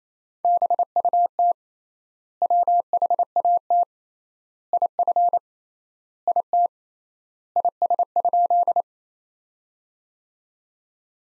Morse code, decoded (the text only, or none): BUT WHAT IF IT IS?